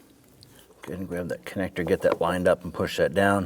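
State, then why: Not seated. A wiring harness connector is lined up and pushed down onto a new vehicle speed sensor on a 1992-1996 Toyota Camry 2.2L L4 while someone talks. A brief faint tick comes at about 0.4 s before the talking starts. Nothing has seated or clicked yet when the clip ends.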